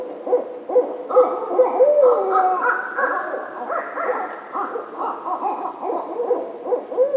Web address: Barred Owl 2010 03 16 Barred Owl